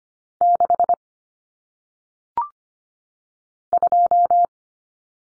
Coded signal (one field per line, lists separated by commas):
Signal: Morse code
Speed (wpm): 25 wpm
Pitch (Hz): 700 Hz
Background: none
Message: 6 2